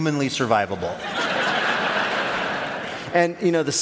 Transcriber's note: laughter